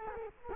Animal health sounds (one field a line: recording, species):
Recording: mosquito wingbeat signal from an infrared sensor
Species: Culex quinquefasciatus